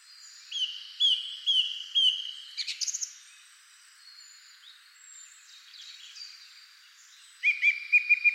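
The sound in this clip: Bird calls: a few clear chirps, a quick run of short notes, a quiet stretch, then a fresh series of rapid repeated chirps.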